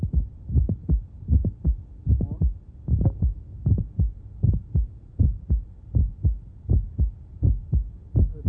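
Heart heard through a stethoscope in an adult woman with mitral valve prolapse, about 79 beats per minute. On release of Valsalva, as she takes a deep breath, the systolic click slides back to its original mid-systolic position.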